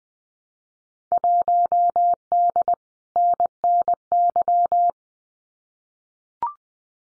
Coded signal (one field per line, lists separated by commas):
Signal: Morse code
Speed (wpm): 20 wpm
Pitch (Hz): 700 Hz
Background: none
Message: 1D NNY